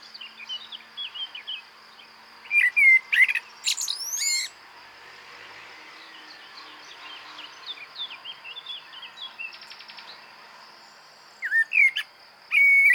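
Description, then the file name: Common blackbird song: loud mellow whistled phrases ending in squeaky high twitters, heard twice, over fainter song and a steady high-pitched hum. "Turdus merula"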